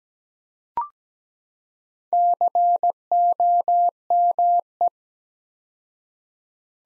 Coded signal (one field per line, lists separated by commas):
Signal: Morse code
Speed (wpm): 17 wpm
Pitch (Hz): 700 Hz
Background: none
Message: COME